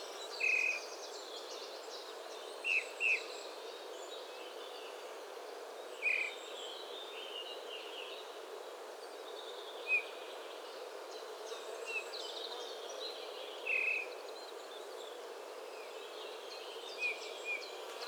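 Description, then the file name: Eurasian bullfinch giving short, soft whistled call notes, repeated irregularly every few seconds over a steady background hiss. "Pyrrhula pyrrhula"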